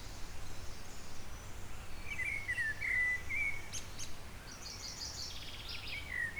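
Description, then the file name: Eurasian blackbird singing one soft, fluting phrase with a twittery high finish, then a brief trailing note, against low constant background noise. "Turdus merula"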